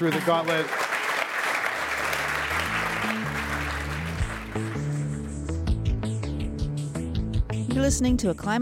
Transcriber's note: applause